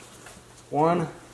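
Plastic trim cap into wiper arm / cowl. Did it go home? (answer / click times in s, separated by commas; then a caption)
no / none. A plastic trim cap is handled over the wiper arm area of the cowl on a GMC Terrain during a wiper motor and linkage replacement, but nothing has seated or clicked yet. After a quiet stretch of low background noise, someone talks briefly from about 0.7 to 1.1 seconds.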